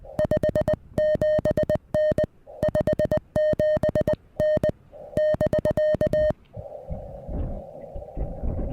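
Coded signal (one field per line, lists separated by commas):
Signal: Morse code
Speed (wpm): 20 wpm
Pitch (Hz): 620 Hz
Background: music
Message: 57N 57N <BK>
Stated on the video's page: QRP Parks on the Air activation on 30 meters using a Venus SW-3B with an end-fed half-wave antenna and balun.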